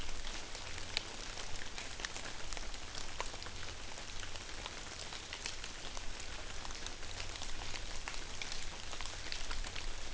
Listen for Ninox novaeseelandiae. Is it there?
no